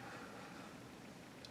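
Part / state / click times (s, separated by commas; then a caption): rifle barrel pin into receiver cutout / seated / 1.4 s. A chrome pin beside the barrel of a Henry AR-7 US Survival .22 LR rifle drops into a cutout in the receiver as the barrel is fitted. A faint, short tap at 1.4 s marks the pin seating, over steady broadband background noise.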